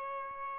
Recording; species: mosquito wingbeat signal from an infrared sensor; Aedes albopictus